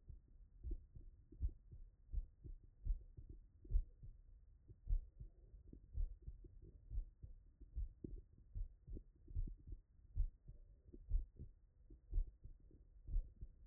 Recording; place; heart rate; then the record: heart sounds by stethoscope; Erb's point; 70 bpm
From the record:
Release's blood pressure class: hypertension stage 2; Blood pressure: 142/77 mmHg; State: after exercise